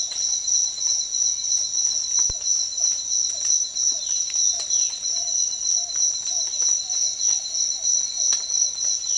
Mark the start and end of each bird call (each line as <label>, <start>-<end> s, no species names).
bird call, 2.32-8.31 s